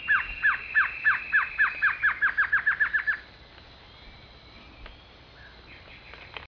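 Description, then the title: Glossy antshrike giving a fast series of sharp, chevron-shaped notes that speed up, ending after three seconds, with a faint high whistle behind. Nominate subspecies, assumed from location. "LuckyPassaro Completos2Sama. Glossy Antshrike (Sakesphorus luctuosus luctuosus (ssp assumed from location))"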